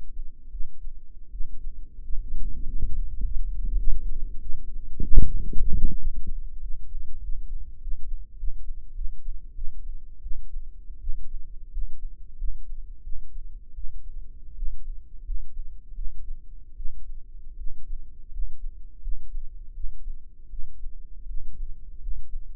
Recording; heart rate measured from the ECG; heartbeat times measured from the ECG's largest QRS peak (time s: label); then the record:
heart sounds by microphone in the right ear; 87 bpm
0.50 s: heartbeat
1.30 s: heartbeat
2.01 s: heartbeat
2.64 s: heartbeat
3.20 s: heartbeat
3.75 s: heartbeat
4.39 s: heartbeat
5.24 s: heartbeat
5.95 s: heartbeat
6.59 s: heartbeat
7.20 s: heartbeat
7.79 s: heartbeat
8.36 s: heartbeat
8.93 s: heartbeat
9.53 s: heartbeat
10.21 s: heartbeat
10.99 s: heartbeat
11.70 s: heartbeat
12.36 s: heartbeat
13.02 s: heartbeat
13.73 s: heartbeat
14.54 s: heartbeat
15.23 s: heartbeat
15.93 s: heartbeat
16.75 s: heartbeat
17.56 s: heartbeat
18.30 s: heartbeat
19.00 s: heartbeat
19.72 s: heartbeat
20.48 s: heartbeat
21.26 s: heartbeat
21.99 s: heartbeat
From the record:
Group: healthy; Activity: rest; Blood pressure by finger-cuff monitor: 132/92 mmHg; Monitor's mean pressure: 103 mmHg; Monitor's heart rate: 89 bpm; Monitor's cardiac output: 6.4 L/min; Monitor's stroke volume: 73 mL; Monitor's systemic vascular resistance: 1170 dyn s/cm5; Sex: male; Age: 21 years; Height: 180 cm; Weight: 67.5 kg